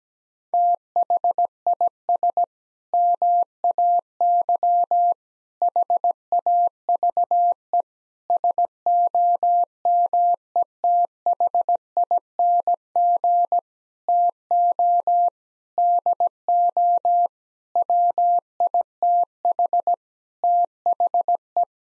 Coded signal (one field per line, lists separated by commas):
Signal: Morse code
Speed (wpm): 17 wpm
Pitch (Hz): 700 Hz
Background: none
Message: THIS MAY HAVE SOMETHING TO DO WITH THE